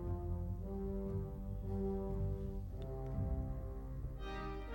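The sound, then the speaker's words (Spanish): Deep orchestral bells toll a few slow strokes in Berlioz's Symphonie fantastique, over sustained, low, droning orchestral tones that swell steadily throughout. No one speaks. “Escuchemos las campanas y voy a cantar por encima el Dies Irae, ¿de acuerdo?”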